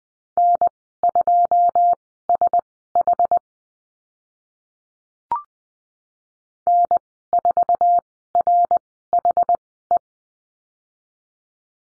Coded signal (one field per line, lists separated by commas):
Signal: Morse code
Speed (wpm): 20 wpm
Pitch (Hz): 700 Hz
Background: none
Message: N2SH N4RHE